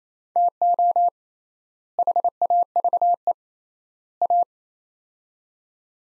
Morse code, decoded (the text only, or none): TO HAVE A